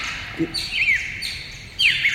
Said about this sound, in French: Excusez-moi, je vais fermer la porte de la serre. Ces perruches font un bruit.